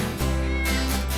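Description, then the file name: Cat yowl, a steady low drawn wail that jumps a step lower after a brief start and then holds. During a cat fight. "cat fight"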